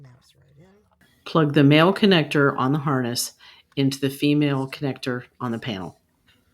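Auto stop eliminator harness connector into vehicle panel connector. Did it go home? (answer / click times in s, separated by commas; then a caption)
no / none. A male plastic connector on an auto stop eliminator harness is being lined up to plug into the female connector on the panel of a 2023 Jeep Gladiator Mojave. Someone talks while faint, brief handling taps sound before and after the speech. Nothing has seated or clicked yet.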